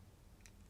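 Pushing up the small release collar on a quick-release bit holder lets the metal screwdriver bit pop out. A single sharp, bright clunk sounds at 0.5 s over a low background hum. The bit is released.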